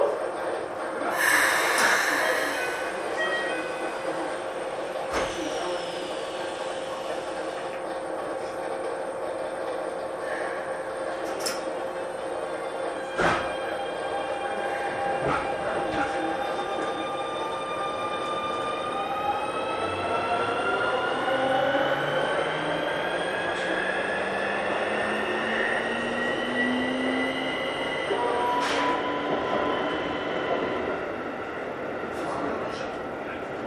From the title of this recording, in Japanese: 京急新1000形(アルミ車) 横浜〜三崎口